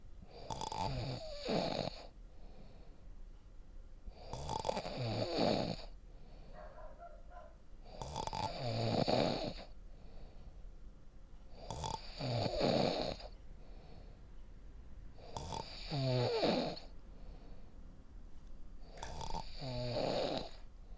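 Six loud, rattling snores come at a steady pace of about 16 a minute, each a rough, buzzing inhalation with quieter breathing between them. This is ordinary snoring from an adult sleeper.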